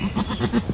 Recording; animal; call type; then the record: contact call of a hoofed animal; goat; low-frequency (closed-mouth) or high-frequency (open-mouth) call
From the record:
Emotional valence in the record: negative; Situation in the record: short social isolation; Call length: 0.73 s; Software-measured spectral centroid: 1780 Hz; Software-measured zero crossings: 1540 a second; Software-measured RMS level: -23 dBFS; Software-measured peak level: -9 dBFS